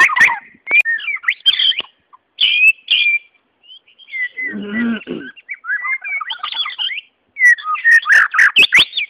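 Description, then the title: White-rumped Shama song with bursts of whistled and chattering phrases, a lower rasping note midway, and sharp clicks between phrases. "murai batu"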